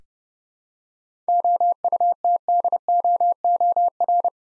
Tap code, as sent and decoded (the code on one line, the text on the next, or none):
none